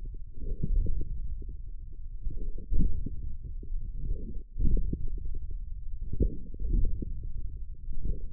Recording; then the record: forearm muscle sounds (acoustic myography)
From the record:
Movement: radial deviation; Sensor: system 1, eight BSWA MPA416 microphones around the upper forearm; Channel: 6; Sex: male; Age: 42 years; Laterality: right